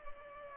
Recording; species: mosquito wingbeat signal from an infrared sensor; Culex pipiens